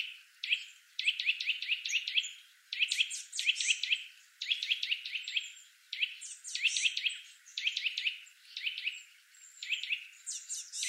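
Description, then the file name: Eurasian nuthatch calling in loud, quick groups of high piping chirps, bursts of several notes following each other closely with short gaps. "Sitta europaea"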